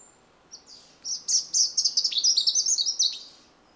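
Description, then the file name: European robin song: a rapid, sparkling warble of high tinkling notes lasting about two and a half seconds. "Erithacus rubecula"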